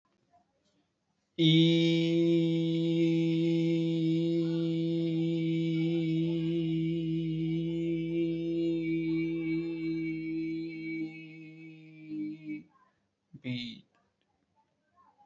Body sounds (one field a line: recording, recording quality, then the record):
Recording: sustained vowel as in beet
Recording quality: excellent, no background noise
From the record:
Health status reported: healthy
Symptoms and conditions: none ticked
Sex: male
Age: 22 years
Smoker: not ticked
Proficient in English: no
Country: India